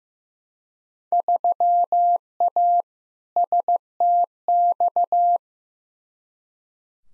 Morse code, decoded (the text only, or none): 3A STX